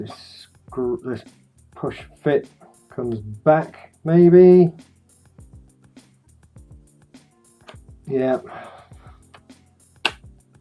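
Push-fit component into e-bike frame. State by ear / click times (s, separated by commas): seated / 10.1 s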